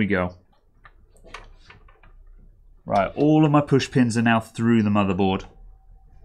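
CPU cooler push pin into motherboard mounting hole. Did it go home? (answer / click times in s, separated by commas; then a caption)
no / none. Someone talks while handling a CPU cooler whose plastic push pins have all been pushed through the motherboard mounting holes, with small sharp taps and ticks between about 0.9 and 2.0 s. Nothing has seated or clicked yet; the clip ends just before a push pin is pressed home.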